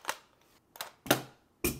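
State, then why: Not seated. A full 30-round magazine is pushed into the magazine well of an MP5 with the bolt forward, rather than locked back. Four sharp clacks sound at about 0.1, 0.8, 1.1 and 1.6 seconds. The magazine has not seated or clicked and drops right out.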